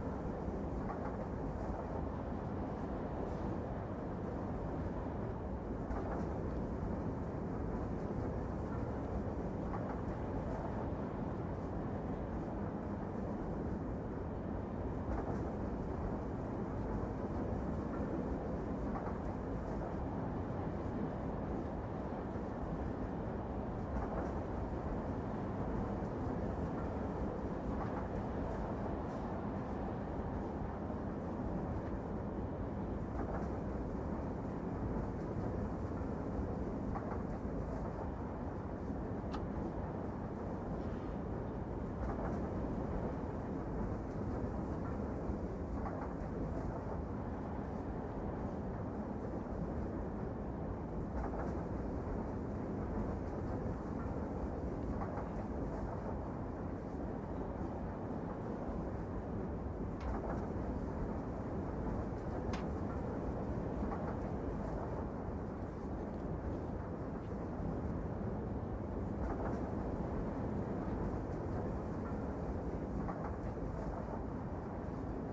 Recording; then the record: background sound without coughing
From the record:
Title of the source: Train Ride Ambience ambient white noise for sleeping, focus, studying, reading